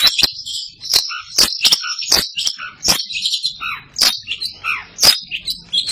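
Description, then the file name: Long-tailed shrike song: busy, varied chattering phrases of high squeaky notes and short whistles, broken by sharp clicks. "cendet samohong"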